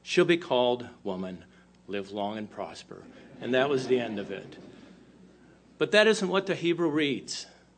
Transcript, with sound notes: She’ll be called woman. Live long and prosper,” (holds up the Vulcan greeting sign) (laughter) and that was the end of it. But that isn’t what the Hebrew reads.